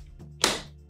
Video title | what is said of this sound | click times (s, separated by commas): Chemical-Free Cleaning Light N Easy Steam Mop Product Review | When you hear it snap, you know that your unit is connected properly. | 0.4 s